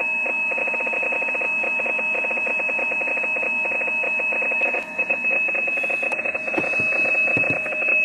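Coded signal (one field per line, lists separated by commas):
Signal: PSK31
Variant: overdriven splattering signal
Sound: two steady whines over a harsh, rapid warbling buzz filling the whole audio band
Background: radio static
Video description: .. all the others cant't hear each other no more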